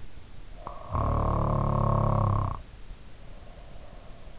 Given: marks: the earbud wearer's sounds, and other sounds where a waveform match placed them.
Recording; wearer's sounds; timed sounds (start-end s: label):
sounds in sleep by an in-ear microphone; snoring breath
0.59-4.25 s: snoring breath